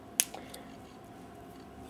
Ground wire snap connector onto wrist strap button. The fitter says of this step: all right then the button pop into place here you